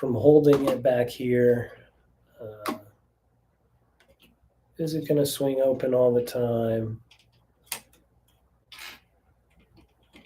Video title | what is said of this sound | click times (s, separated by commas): Live stream I build the Galaxy Explorer | it doesn't latch and i'm | none